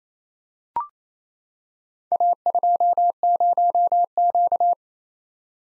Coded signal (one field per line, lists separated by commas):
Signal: Morse code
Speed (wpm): 29 wpm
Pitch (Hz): 700 Hz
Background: none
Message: A20Q